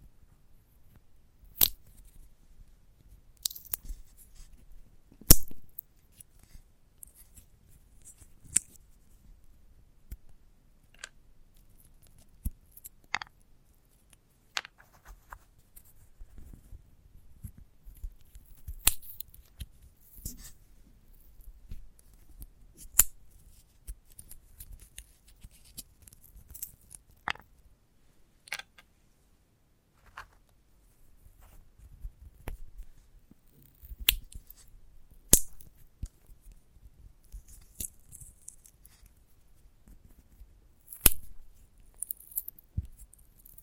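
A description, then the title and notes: Handling of a sunflower head gives sharp, irregular crisp snips and clicks every second or two over a soft, low rustling. ASMR of a Sunflower Head (No Talking).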